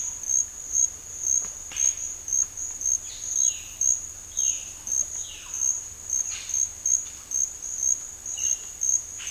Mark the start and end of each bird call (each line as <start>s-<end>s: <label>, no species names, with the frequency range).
3.01s-3.85s: bird call (1.8-5.0 kHz)
4.28s-4.74s: bird call (2.0-4.2 kHz)
5.18s-5.48s: bird call (2.0-4.6 kHz)
6.20s-6.51s: bird call (1.0-5.6 kHz)
8.31s-8.80s: bird call (1.5-4.5 kHz)